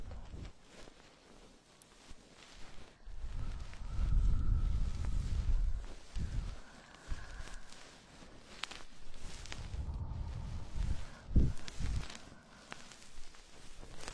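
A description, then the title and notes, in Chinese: A goose-feather stick cleans an ear with soft rustling and muffled low rumbles that swell twice, plus occasional sharp scratches and faint whistles. 鹅毛棒掏耳朵 轻语。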